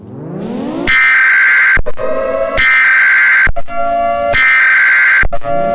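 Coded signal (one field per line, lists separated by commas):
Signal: Emergency Alert System (SAME) tones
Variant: header bursts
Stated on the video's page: Simulated, viewer-requested fictional EAS scenario.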